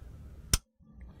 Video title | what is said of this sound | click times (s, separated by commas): 2010-15 Camaro SS 6.2L - Flowmaster Delta Force Cold Air Intake 615101 | next we're going to go ahead and reconnect the sensor just going to push it until we hear it snap | 0.5 s